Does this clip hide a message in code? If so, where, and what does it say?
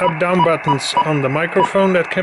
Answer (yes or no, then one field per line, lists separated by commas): no